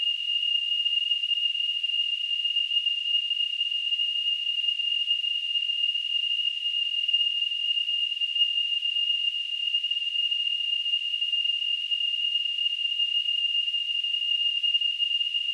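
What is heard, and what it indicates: Simulated tinnitus: a steady, unbroken high-pitched tone near 3 kHz with a faint hiss spread above it, constant in loudness throughout.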